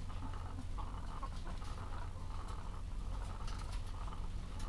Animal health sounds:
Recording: poultry house recording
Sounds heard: sick chickens (respiratory disease)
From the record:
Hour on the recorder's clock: 14

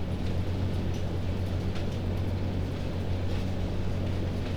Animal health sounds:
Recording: poultry house recording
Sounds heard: no chicken sound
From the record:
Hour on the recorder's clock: 21

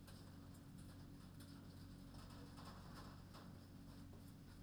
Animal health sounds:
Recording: poultry house recording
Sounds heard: no chicken sound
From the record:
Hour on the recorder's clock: 0

